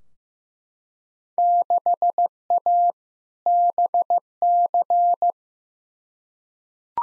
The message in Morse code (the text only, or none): 6A BC